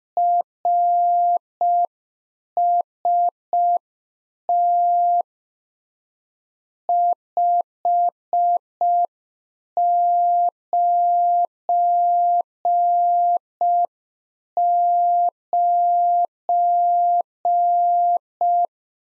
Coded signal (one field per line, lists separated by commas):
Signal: Morse code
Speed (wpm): 5 wpm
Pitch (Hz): 700 Hz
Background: none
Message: RST 599